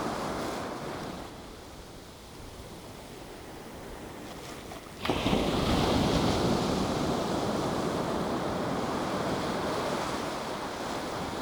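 Surf rolls in with a constant dense wash, and near the five-second mark a wave breaks louder before easing back under a faint wind.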